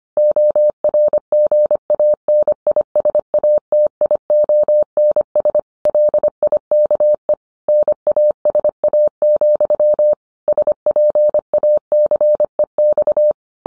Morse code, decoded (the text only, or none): ORGANISATIONS LIKE NASA, SPACEX